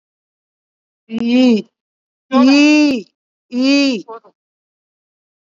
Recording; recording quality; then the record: sustained vowel as in beet; excellent, no background noise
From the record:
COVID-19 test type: RT-PCR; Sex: female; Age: 61 years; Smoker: no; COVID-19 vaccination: both doses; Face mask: worn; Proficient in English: yes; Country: India